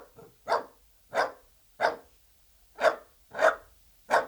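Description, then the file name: Dachshund barking steadily, six sharp mid-pitched barks repeated roughly every half second to second. "Het blaffen van een teckel - Beeld en Geluid"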